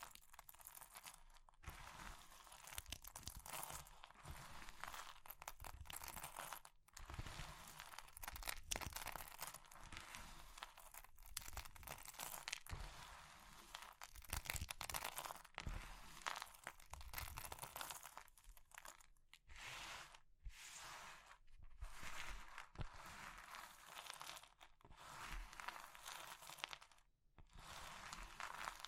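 Crushing of brittle things like soap, chalk and meringue: dense, crackly crunching runs almost without pause, bright and gritty with low thumps underneath. Short silent gaps break it up, most often after twenty seconds, with the crushing resuming each time.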